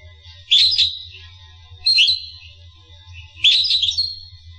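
Finch calls, three short bright chirping bursts roughly every one and a half seconds, each trailing off into a thin high tone, with a low background hum.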